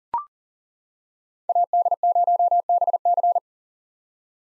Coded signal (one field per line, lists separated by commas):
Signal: Morse code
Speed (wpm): 40 wpm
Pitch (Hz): 700 Hz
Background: none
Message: AD0BC